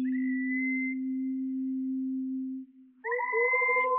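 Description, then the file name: Wallcreeper call slowed down: a long steady low tone with a thin high whistle above, a brief pause, then stacked whistled notes begin again. "TICHODROME RALENTI"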